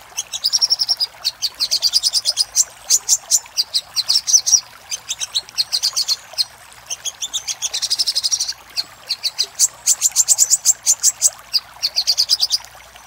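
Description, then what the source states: Little spiderhunter song: long runs of sharp, high chipping notes in bursts separated by short pauses. Master recording for training cage birds; Indonesian name sogok ontong, labelled Labaik.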